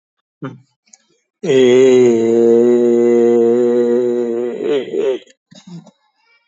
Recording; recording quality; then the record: sustained vowel as in made; moderate, slight background noise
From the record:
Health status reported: healthy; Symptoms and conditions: none ticked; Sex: male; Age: 64 years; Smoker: not ticked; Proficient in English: yes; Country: India